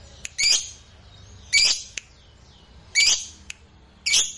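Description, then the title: Lovebird giving repeated harsh, rasping squawks, with brief sharp clicks between them. Fighter lovebird singing energetically (gacor). "Berkat SUARA Lovebird FIGHTER GACOR Ini"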